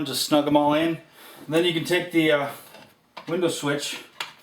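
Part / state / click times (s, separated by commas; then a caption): wiring connector into power window switch / not seated / none. Someone talks while handling the wiring connector plugs for the plastic power window switch on a Dodge Durango ('98-'03) or Dakota ('00-'04) front door, during a front power window regulator replacement, getting ready to press them back into the switch. Nothing has seated or clicked yet; the plugs are not home when the clip ends.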